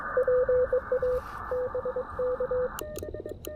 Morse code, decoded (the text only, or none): PA BK